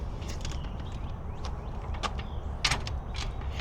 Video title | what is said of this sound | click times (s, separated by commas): OutFItR 2-Bike Hitch Electric Bike Rack - Assembly and Review | And you'll hear it click and latch. | 2.7 s